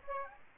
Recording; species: mosquito wingbeat signal from an infrared sensor; Aedes aegypti